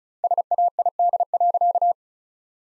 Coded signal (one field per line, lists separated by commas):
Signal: Morse code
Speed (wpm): 34 wpm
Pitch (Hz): 700 Hz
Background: none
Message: SAID.